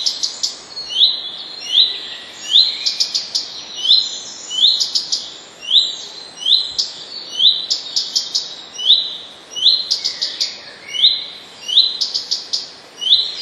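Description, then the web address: Common redstart song: short phrases repeated in quick succession, each a clear high note followed by a brief scratchy, jingling flourish, steady and continuous throughout. "wroblowe kolekcja pleszka"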